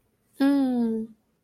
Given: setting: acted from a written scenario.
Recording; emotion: vocal sound without words; desire